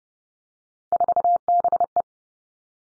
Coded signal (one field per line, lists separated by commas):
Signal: Morse code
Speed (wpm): 30 wpm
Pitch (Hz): 700 Hz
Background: none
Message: 4BE